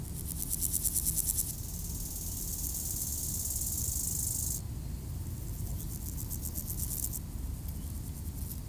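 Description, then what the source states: Grasshopper stridulation, a loud pulsed buzz at first, then a steady high hiss and further rapid bursts, against a continuous low background rumble. Grasshoppers by road D633 at Aveize, France, with cars passing, around five o'clock; recorded with a Sony PCM-M10 in AB microphone position.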